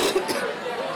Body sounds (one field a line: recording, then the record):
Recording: coughing mixed with background sound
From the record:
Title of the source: 61 morning phlegmy cough...again